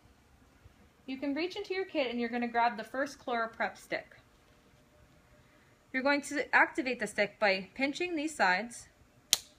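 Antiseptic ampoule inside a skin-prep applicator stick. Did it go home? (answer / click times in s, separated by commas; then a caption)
yes / 9.3 s. Someone talks while taking the first ChloraPrep stick, a plastic chlorhexidine skin-prep applicator, from a kit for cleaning an LVAD driveline site during a dressing change. The sides of the stick are pinched to activate it. At 9.3 s a sharp click is heard as the internal antiseptic ampoule snaps, releasing the liquid from the stick portion down into the sponge.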